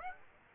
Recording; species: mosquito wingbeat signal from an infrared sensor; Aedes aegypti